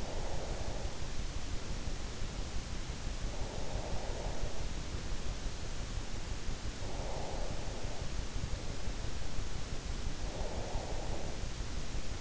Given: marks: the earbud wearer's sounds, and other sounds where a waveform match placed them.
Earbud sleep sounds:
sounds in sleep by an in-ear microphone; breath
0.00-1.16 s: breath
3.52-5.20 s: breath
6.40-8.27 s: breath
9.89-12.21 s: breath

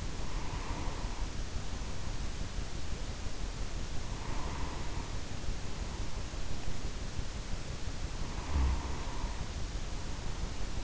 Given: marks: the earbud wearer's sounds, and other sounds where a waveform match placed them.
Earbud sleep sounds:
sounds in sleep by an in-ear microphone; breath, snoring breath
0.00-2.34 s: breath
4.04-6.24 s: breath
8.16-10.84 s: snoring breath

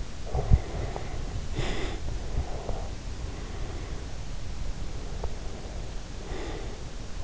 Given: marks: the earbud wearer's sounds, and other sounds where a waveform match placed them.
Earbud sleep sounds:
sounds in sleep by an in-ear microphone; breath
0.20-2.10 s: breath
2.15-4.15 s: breath
4.32-7.18 s: breath

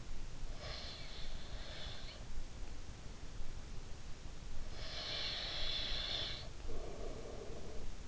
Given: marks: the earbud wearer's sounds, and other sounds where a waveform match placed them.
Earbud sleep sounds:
sounds in sleep by an in-ear microphone; breath
0.32-2.49 s: breath
4.35-8.08 s: breath

